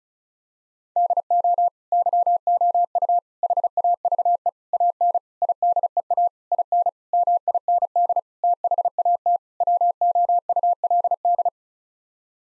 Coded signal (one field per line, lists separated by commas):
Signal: Morse code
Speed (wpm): 36 wpm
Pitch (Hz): 700 Hz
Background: none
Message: DO YOU HAVE AN IDEA IN MIND THAT WOULD